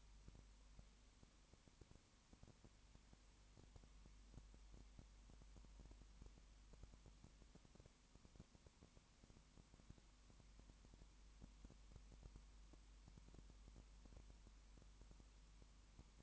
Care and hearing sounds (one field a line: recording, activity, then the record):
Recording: daily activity, microphone in the room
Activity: no activity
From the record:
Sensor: 1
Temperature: 19.7 degrees Celsius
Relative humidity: 40.5%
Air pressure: 1010.6 hPa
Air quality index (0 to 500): 208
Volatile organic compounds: 56 ppm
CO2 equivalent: 3366 ppm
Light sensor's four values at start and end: 1/2/1/1 and 1/2/1/1